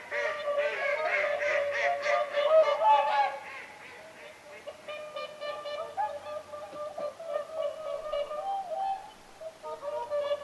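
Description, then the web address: Whooper swans calling in a chorus of honking, bugle-like notes, several birds overlapping throughout. Several whooper swans calling at Lintulahti on 6 November 2025. "6 11 2025 laulujoutsenten aantelya lintulahdella"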